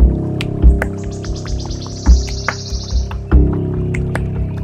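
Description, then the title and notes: Wood warbler giving a single shivering trill that drifts slightly downward over about two and a half seconds, over a constant low engine-like hum and occasional dull thumps. "Wood Warbler (Bøksanger) by Sternklang"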